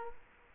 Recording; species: mosquito wingbeat signal from an infrared sensor; Culex quinquefasciatus